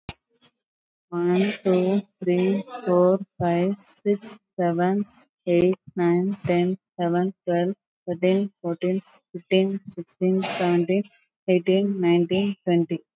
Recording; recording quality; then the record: counting at a normal pace; excellent, no background noise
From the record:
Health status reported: COVID-19 positive, mild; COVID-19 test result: positive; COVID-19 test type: RT-PCR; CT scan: taken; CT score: 9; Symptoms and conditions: cough, fatigue, muscle pain, loss of smell and taste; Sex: female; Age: 55 years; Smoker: no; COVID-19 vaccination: one dose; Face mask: worn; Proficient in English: yes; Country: India